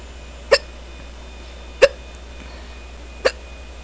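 Three sharp, brief hiccups from an adult come at roughly 1.3 to 1.4 second intervals, about 45 a minute, each a sudden click-like gulp against a quiet room with a faint steady hum. This is a run of ordinary hiccups: involuntary diaphragm spasms ending in abrupt closure of the throat.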